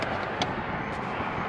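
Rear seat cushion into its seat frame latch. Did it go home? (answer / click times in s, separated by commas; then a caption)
no / none. The folded-up rear seat cushion of a 2023 GMC Canyon Elevation Crew Cab 4X4 is handled as it is lowered back down over the under-seat storage toward its seat frame latch. A steady broadband hiss fills the clip, with one brief sharp transient near 0.4 s. The clip ends just before the cushion goes home, so nothing has seated or clicked yet.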